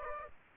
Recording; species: mosquito wingbeat signal from an infrared sensor; Aedes aegypti